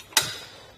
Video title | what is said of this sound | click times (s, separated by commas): Fit Test: Hollywood Racks Sport Rider SE Bike Rack for 2 Electric Bikes on a 2018 Ford Escape | you'll hear it click | 0.2 s